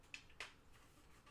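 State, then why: Not seated. Two plastic body pieces of a vintage toy vehicle are pressed together by hand, giving two short, sharp plastic contact sounds at about 0.1 and 0.4 seconds over quiet background. The pieces do not click together as they should, apparently because a bottom section is missing, so they are not forced and nothing has seated or clicked.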